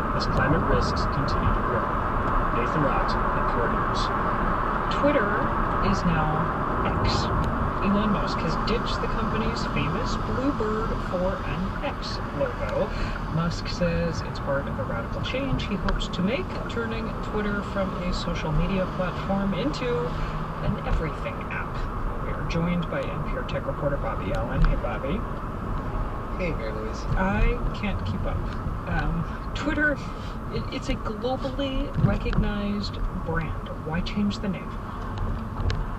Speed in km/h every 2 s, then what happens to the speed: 61, 61, 60, 58, 45, 34, 27, 29, 34, 39, 39, 37, 34, 32, 29, 27, 26, 24.
0-6 steady at about 60. 6-12 brakes to 27. 12-18 speeds up to 39. 21-36 slows to 24.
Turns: 9-13.